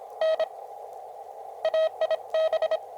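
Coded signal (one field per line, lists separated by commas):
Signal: Morse code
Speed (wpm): 25 wpm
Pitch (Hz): 640 Hz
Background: radio noise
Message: N AIB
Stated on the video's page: Outdoor field CW at a ranch, QRP with an Elecraft KX2 and a Packtenna.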